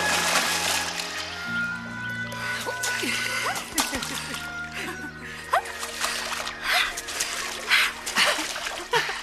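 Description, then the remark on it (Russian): Water splashes in a series of irregular bursts and slaps as a woman in a lake splashes water at a young naval cadet, with a low steady hum and faint vocal sounds running underneath. “Она брызгается водой на гардемарина.”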